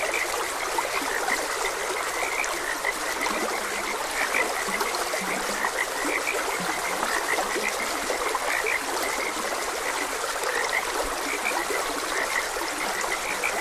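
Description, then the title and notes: Chorus of frogs, bright short calls overlapping with occasional deep, low croaks, accompanied by an unbroken babble of stream water. Frogs croaking beside a gentle stream. "Gentle Stream and Frogs Croaking - Calming Sounds of Nature. Sleep and Relaxation Podcast"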